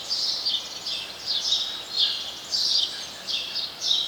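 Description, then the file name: House sparrow calls, several high chirps spaced unevenly over a continuous hiss. "Passer domesticus"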